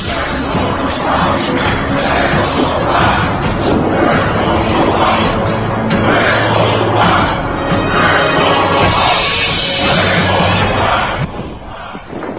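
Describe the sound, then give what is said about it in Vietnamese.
Sword blades clang and crash over and over as they break, broken pieces about one tấc (roughly 10 cm) long falling to the ground, in a loud, dense, unbroken clatter of sharp metallic hits, fading out abruptly near the end. “Chỉ nghe tiếng loảng xoảng không dứt, từng mảnh kiếm gãy dài khoảng một tấc rớt xuống bên chân Lệnh Hồ Xung”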